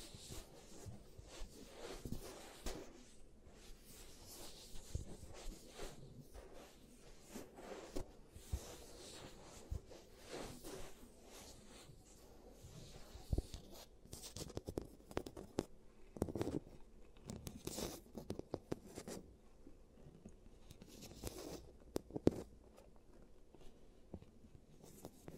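A mock giant teeth treatment for cavities: constant scraping, clicking and rubbing sounds in dense, irregular bursts, with sharper clicks near 14 and 22 seconds.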